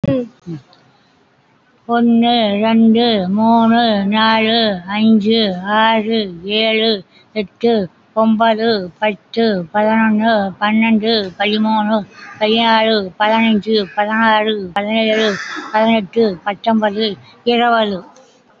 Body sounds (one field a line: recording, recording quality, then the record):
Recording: counting at a fast pace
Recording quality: excellent, no background noise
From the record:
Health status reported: COVID-19 positive, mild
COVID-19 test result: positive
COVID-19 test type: RT-PCR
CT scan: not taken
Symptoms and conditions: cough, fatigue, hypertension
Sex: female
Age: 75 years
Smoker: no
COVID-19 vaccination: one dose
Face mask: worn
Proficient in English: no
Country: India